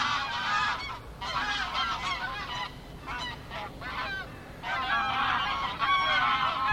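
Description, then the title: Goose: geese honking in loud overlapping bursts, several noisy bouts with short dips between them, the calls harsh and nasal. Gaggles of geese in fields by the River Thame, England, UK, morning of 23 September 2023, excited by the amount of water across the flooded meadows. "Gaggles of geese, River Thame, England, UK on 23rd September 2023 – by Paul Ridout"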